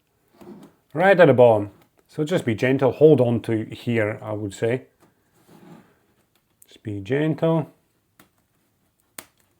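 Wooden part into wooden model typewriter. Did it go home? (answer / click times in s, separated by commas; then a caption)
yes / 8.2 s, 9.2 s. A wooden part is pressed gently into an assembled ROKR wooden model mechanical typewriter while someone talks. Two sharp clicks follow at 8.2 s and 9.2 s as the part seats.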